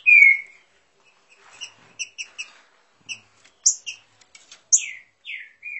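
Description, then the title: Green-winged saltator song: an opening falling whistle, then scattered short clicks and high notes, ending with several descending slurred whistles. Bird warming up its song; song type labelled voice 09. "Canto De Trinca Ferro Voz 09. Trinca Ferro esquentando!"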